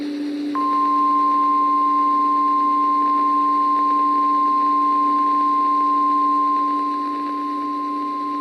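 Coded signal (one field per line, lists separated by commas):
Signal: Emergency Alert System (SAME) tones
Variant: 1050 Hz attention tone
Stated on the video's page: Tornado Warning EAS activation from the National Weather Service for central Santa Cruz County.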